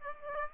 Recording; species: mosquito wingbeat signal from an infrared sensor; Aedes aegypti